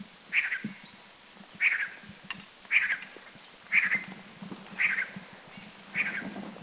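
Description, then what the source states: Giant nuthatch giving harsh, nasal single notes, repeated roughly once a second, six calls in all, over a steady low hum. Recorded at Doi Chiang Dao, northern Thailand.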